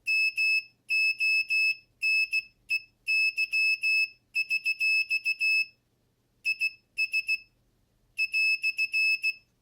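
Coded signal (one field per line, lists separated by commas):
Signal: Morse code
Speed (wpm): 16 wpm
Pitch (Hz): 2600 Hz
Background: none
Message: MONEY$ IS "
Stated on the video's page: Morse code generated by an active buzzer driven by an Arduino UNO from an Elegoo starter kit.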